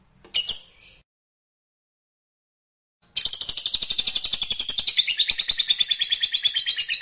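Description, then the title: Lovebird song, a short squeaky note, a two-second pause, then a fast, buzzy, rapidly pulsed high chatter. Lovebird sound played to stimulate lovebirds. "Suara Lovebird"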